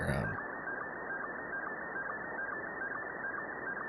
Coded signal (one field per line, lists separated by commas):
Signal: SSTV (slow-scan television)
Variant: Scottie 1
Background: speech